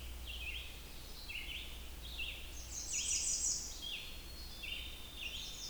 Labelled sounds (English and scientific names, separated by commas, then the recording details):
Red-eyed Vireo (Vireo olivaceus) song
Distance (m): 50 m
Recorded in boreal forest in Alberta, Canada, on 21 June 2016 at 05:16
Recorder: SongMeter 3, array SBT-6-81
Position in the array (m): 134 m, 117 m